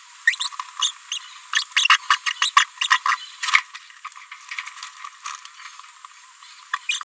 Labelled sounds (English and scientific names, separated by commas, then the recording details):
Green-rumped Parrotlet (Forpus passerinus) babbling
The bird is a female
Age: 30 days
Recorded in a nest box in Venezuela
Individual 17B73B2